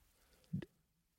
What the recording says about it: My stomach is can you hear them? Because I think I can hear them through the microphone. It's been like a thunderstorm throughout. I'm not particularly hungry. My stomach just is dying. Maybe it's the way that it's full of air and with the way I'm sitting or something like that.